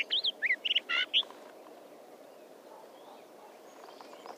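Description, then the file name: Rufous-tailed rock thrush delivering a quick phrase of bright, looping whistled notes in the first second, then only faint background hiss and soft chirps. "Codirossone"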